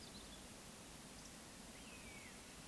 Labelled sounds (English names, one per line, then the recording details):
Eurasian Woodcock whistle
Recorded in Baden-Württemberg, Germany, on 15 May 2020 at 19:08 UTC
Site 46190, 1214 m above sea level